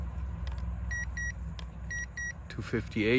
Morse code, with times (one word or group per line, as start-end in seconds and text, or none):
none